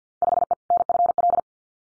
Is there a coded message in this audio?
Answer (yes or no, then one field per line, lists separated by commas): yes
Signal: Morse code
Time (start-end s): 0.2-1.4 s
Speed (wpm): 50 wpm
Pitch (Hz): 700 Hz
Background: none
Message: 5E NFL